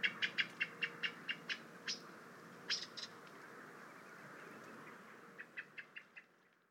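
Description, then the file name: Common blackbird giving rapid sharp chinking calls in quick bursts, fading midway, then a softer run of clicks near the end. "Turdus merula"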